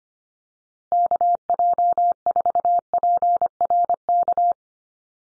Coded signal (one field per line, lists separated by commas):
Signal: Morse code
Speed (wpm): 25 wpm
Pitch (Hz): 700 Hz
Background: none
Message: KJ4PRK